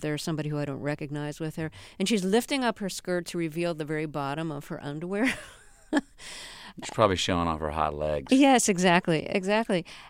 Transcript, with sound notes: There's somebody who I don't recognize with her, and she's lifting up her skirt to reveal the very bottom of her underwear.
(LAUGHTER)
It's probably showing off her hot legs.
Yes. Exactly.